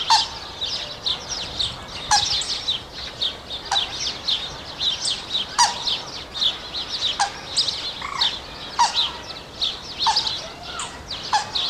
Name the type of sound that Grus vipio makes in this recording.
call